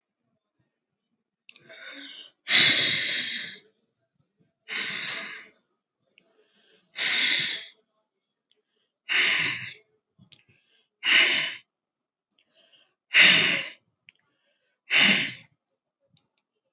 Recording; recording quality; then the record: deep breathing; excellent, no background noise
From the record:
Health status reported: healthy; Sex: male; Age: 56 years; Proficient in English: yes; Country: India